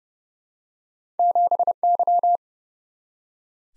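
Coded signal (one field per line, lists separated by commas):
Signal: Morse code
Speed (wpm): 30 wpm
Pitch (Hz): 700 Hz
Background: none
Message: 7Y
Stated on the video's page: Morse drill at 30 wpm of random two-character letter and number groups, each sent, spoken, then sent again, for head-copy.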